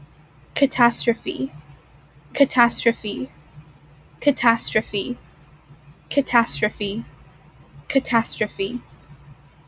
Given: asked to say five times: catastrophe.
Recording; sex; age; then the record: repeated word; female; 18 to 19 years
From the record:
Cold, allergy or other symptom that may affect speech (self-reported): no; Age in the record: 19 years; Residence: California, United States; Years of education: 14